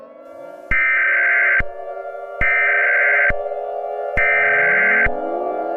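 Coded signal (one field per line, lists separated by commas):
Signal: Emergency Alert System (SAME) tones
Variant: header bursts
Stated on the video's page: Fictional EAS scenario.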